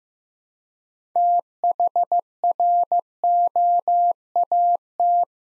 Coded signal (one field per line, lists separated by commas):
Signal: Morse code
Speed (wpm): 15 wpm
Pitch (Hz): 700 Hz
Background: none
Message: THROAT